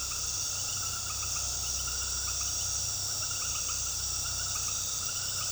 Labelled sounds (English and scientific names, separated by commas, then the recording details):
none
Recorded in pastures near Puerto Asís, Putumayo, Colombia, on 21 February 2024 at 20:00
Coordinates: 0.486, -76.323
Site G6462